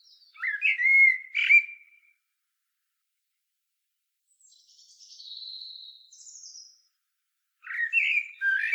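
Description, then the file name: Common blackbird song: a brief fluted phrase with a sharp high ending, a faint thin trailing whistle, then another phrase beginning. "Turdus merula"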